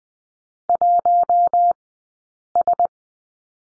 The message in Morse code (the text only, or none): 1 S